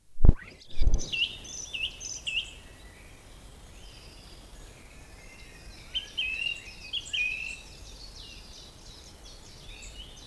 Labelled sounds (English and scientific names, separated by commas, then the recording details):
Song Thrush (Turdus philomelos) song
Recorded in the wild
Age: adult
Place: Lübars (Fließtal), Berlin, DE
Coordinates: 52.6167, 13.35
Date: 2001-04-28 12:22
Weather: fair, ca. 15°C
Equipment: Nagra SN, Kopie Uher 4000 Report Monitor
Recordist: Tembrock, Günter